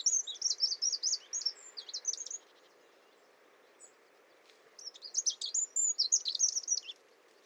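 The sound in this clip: Eurasian wren delivers two loud, rapid phrases of high trills and sharp chattering notes, with a quiet gap of over two seconds between them and low steady background noise.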